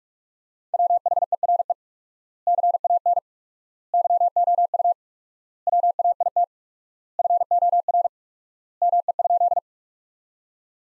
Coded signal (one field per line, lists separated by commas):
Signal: Morse code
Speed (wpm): 46 wpm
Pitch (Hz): 700 Hz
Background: none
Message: WHERE CAN YOU WAIT FOR ME?